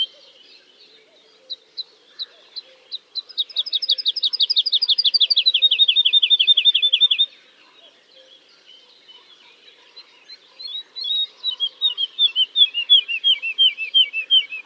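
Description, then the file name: Woodlark song: scattered opening notes build into a dense, fast run that drops in pitch, followed after a pause by softer, slower looping phrases. "kicau master woodlark"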